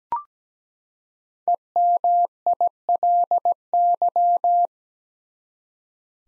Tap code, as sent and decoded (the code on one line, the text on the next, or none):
none